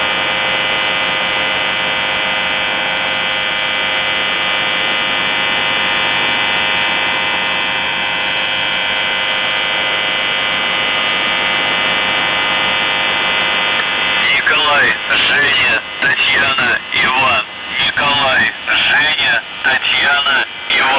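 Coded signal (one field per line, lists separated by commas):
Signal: channel marker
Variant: UVB-76 (The Buzzer)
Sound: continuous harsh droning buzz for about 14 seconds, then a distorted spoken voice message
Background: radio static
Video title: The Buzzer/UVB-76(4625Khz) May 18th, 2023 Voice messages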